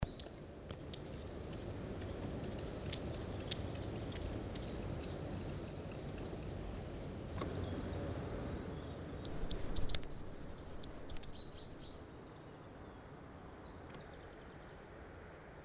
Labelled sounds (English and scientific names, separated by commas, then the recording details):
Eurasian Blue Tit (Cyanistes caeruleus) song
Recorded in the wild
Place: Martigny, Kanton Wallis, CH
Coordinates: 46.1239, 7.08528
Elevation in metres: 462
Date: 1986-03-20
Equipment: Uher 4000 Report, Parabolreflektor 30 cm
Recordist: Tretzel, Erwin